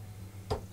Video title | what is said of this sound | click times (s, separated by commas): Overlockers For Beginners - Stitch Demonstrations & Full Guide - Ryan Rix | until it clicks into position underneath so now my knife is disengaged | 0.5 s